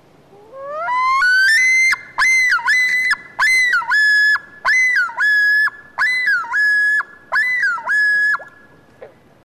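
Loon call: a long wail that rises steeply, then loud ringing two-part notes with a dip between them, repeated roughly every second for about seven seconds in a quiet background.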